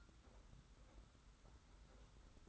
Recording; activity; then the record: daily activity, microphone in the room; take from stove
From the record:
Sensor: 3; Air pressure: 991.1 hPa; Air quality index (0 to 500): 102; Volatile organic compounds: 36 ppm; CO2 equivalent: 3078 ppm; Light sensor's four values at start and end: 45/124/51/44 and 44/124/50/44